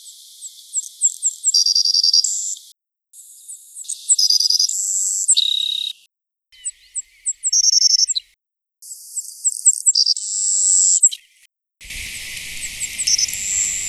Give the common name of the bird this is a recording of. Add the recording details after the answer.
Savannah Sparrow. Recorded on Kent Island, New Brunswick, in 2009